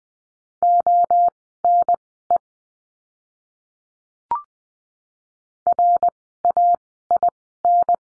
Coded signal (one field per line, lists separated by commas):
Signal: Morse code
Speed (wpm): 20 wpm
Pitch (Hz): 700 Hz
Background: none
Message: ONE RAIN